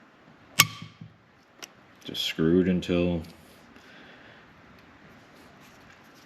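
A preset torque driver tightens a steel mounting screw for a Trijicon RMR red dot sight into a Glock 19 MOS pistol slide, and it gives a sharp click at 0.6 s as it reaches its torque setting. Fainter ticks follow, then someone talks.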